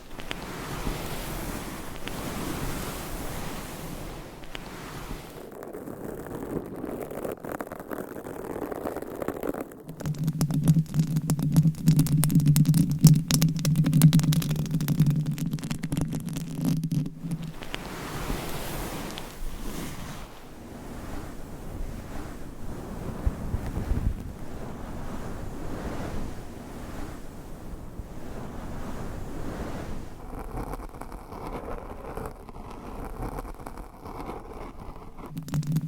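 Scratching on microphone covers with nails produces a dense, rough rustle that shifts in character every few seconds as the surface changes. From about 10 to 17 seconds a louder, buzzy low hum dominates with rapid crackly scraping, then softer, airy brushing returns.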